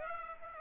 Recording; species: mosquito wingbeat signal from an infrared sensor; Aedes aegypti